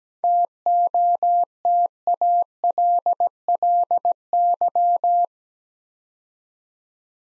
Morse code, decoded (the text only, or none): TOTALLY